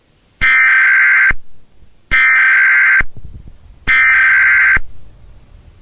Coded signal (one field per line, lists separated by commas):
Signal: Emergency Alert System (SAME) tones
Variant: header bursts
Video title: Black Sunday | An EAS Scenario